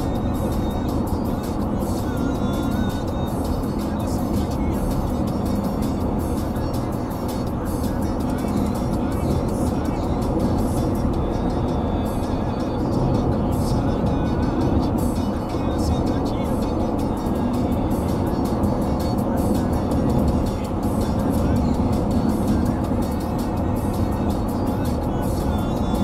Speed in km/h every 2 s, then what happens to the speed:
88, 89, 88, 89, 90, 91, 91, 91, 91, 91, 92, 92, 92.
0-26 steady at about 91.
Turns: none.